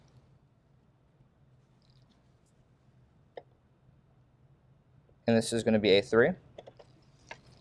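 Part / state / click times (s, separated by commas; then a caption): DDR3 DIMM into motherboard memory slot / not seated / none. A DDR3 memory module is handled at slot A3 of a Dell PowerEdge R720xd server motherboard, with only faint ticks, a sharper tick near 3.4 s, and a few small ticks after 6.5 s. Someone talks from about 5.3 to 6.3 s. Nothing has seated or clicked yet; the module's retention tabs have not snapped shut.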